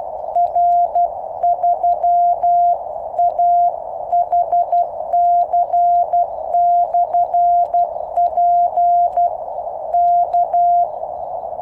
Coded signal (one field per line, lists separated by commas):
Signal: Morse code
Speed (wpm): 12 wpm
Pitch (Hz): 700 Hz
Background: none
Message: R3AHC/P K